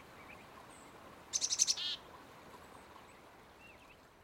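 Black-capped chickadee call: four or five rapid high notes followed by a single buzzy note, given once amid quiet background hiss.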